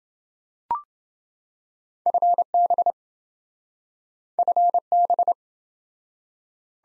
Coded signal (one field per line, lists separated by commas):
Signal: Morse code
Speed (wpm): 29 wpm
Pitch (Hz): 700 Hz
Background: none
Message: FB FB